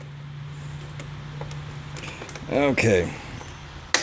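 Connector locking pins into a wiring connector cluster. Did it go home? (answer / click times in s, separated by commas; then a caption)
yes / 3.9 s. On a motorcycle wiring connector cluster, plastic connector locking pins are pushed in by hand. After a steady low hum, faint ticks and someone briefly talking, one sharp click is heard at 3.9 s. The pins have snapped home and are locked in.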